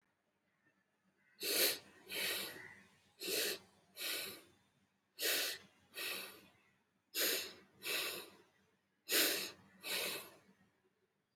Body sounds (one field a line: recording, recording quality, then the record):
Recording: shallow breathing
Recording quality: excellent, no background noise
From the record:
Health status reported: healthy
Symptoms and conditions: none ticked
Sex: male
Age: 36 years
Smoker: not ticked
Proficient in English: yes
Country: India